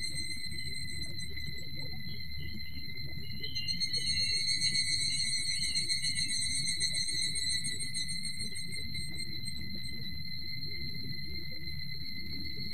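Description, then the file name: Evening cicada call: a rhythmic run of rapid, shimmering high pulses rising and then falling away in the middle, over a constant high whine and low background rumble. "higurashi"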